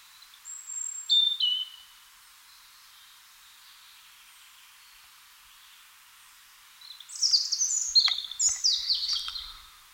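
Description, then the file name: European robin singing thin, high whistled phrases, a sliding opening phrase, a long pause, then a rapid tumbling burst of shrill twittering notes; faint background hiss. "Erithacus rubecula"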